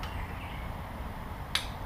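A torque wrench tightening a spark plug into the cylinder head of a 2004 seventh-generation Honda Civic gives a single sharp, bright click at 1.6 s over a steady low background rumble. The click confirms the wrench has again reached its torque setting.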